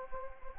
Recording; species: mosquito wingbeat signal from an infrared sensor; Anopheles gambiae